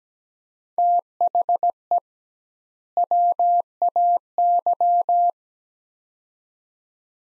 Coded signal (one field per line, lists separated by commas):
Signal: Morse code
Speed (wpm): 17 wpm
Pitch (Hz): 700 Hz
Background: none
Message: THE WAY